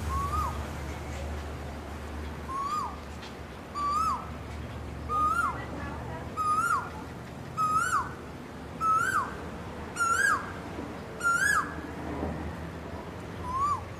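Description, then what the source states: Asian koel giving a steady series of about ten rising-then-falling whistled notes, each roughly 1.3 seconds apart, swelling slightly in loudness mid-series, with low rumbling background. Calling to find a mate.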